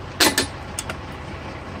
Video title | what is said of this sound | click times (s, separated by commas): (REUPLOAD) Tahoe’s tear down: how to replace brake calipers. | the wrench clicks like that, you'll know it's torqued to spec. | 0.4 s, 0.8 s